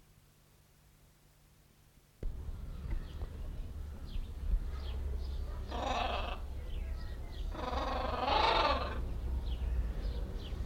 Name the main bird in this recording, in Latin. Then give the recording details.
Ara chloropterus. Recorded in captivity. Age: adult. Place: Zoo Berlin, Berlin, DE. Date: 1994-05-21 12:08. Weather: fair, 12-16°C. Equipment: Marantz CP 430, Sennheiser ME 80, Kopie Uher Variocord 263. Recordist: Tembrock, Günter